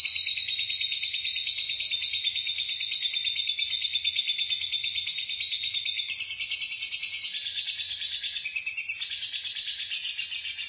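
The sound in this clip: Lovebird song: a long, steady, buzzy high trill, turning more varied and scratchy toward the end.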